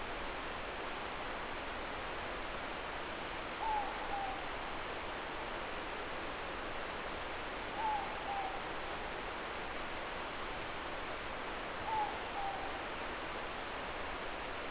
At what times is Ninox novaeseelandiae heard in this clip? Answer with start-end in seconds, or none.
3.54-4.51, 7.67-8.69, 11.75-12.70